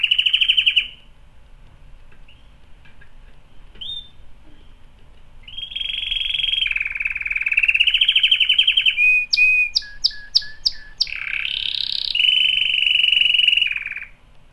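Canary song: a varied run of high rolling trills and warbles, a burst of rapid staccato notes, then a sustained buzzy trill, with a long pause after the opening trill.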